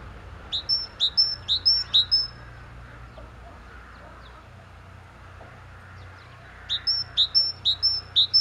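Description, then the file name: Great tit repeating a bright, high two-note phrase several times, a pause of several seconds, then another run of the same phrase, over a low steady rumble. "Parus major"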